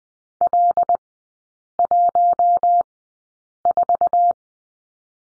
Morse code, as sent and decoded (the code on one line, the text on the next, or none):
.-.. .---- ....-
L14